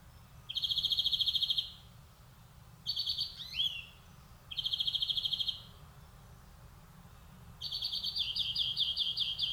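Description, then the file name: European greenfinch song: buzzy trilled phrases separated by pauses, one with a slurred twitter, ending in a faster rolling twitter. "Chloris chloris"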